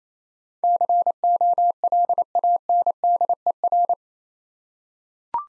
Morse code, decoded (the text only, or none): COLANDER